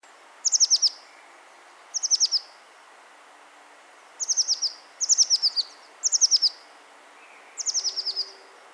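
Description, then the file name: Eurasian blue tit giving short, high, rapid trilled bursts, several groups at irregular intervals over a quiet background. "Cyanistes caeruleus"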